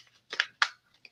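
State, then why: Seated. A plastic-fitted breast milk storage pouch is pushed into its feeding bottle holder, with handling rustle and small clicks around 0.3–0.4 seconds. A sharp, bright snap at 0.6 seconds marks the pouch seating in the holder, followed by a faint tick near 1.1 seconds.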